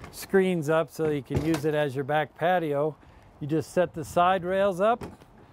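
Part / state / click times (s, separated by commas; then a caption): patio side rail into the rear ramp deck mount of an RV toy hauler / not seated / none. A patio side rail is being handled on the rear ramp deck mount of a Thor Outlaw Class C 29J toy hauler, with the ramp set up as a back patio. Someone talks throughout, with no distinct impacts heard. Nothing has seated or clicked yet.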